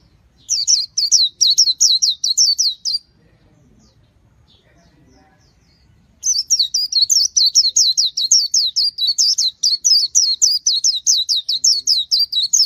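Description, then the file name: White-eye song: a fast string of high, sharp down-slurred notes, a silent pause of about three seconds, then a longer twittering run. "tieng khuyen liu"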